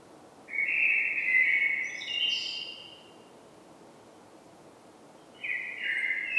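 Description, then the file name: Common blackbird song: a mellow warbled phrase ending in high squeaky notes, a pause of a few seconds, then another phrase starts. "Turdus merula"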